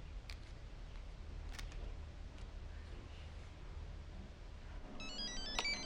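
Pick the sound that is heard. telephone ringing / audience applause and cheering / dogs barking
telephone ringing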